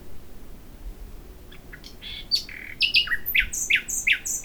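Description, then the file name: Common nightingale singing: soft scattered high notes building into loud repeated chirps and short buzzy bursts, delivered quickly in the second half. "Luscinia megarhynchos"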